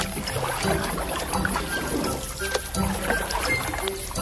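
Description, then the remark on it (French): A small boat carrying a woman and her children arrives through water with steady sloshing and lapping, a continuous splashy wash and a few faint tonal creaks over it, moderately loud throughout with no talking. “Et tandis qu'il restait assis là à se blâmer, sa femme et ses enfants arrivèrent sur le même bateau.”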